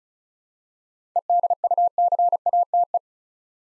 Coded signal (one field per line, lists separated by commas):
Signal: Morse code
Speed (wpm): 34 wpm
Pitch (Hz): 700 Hz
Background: none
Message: EDUCATE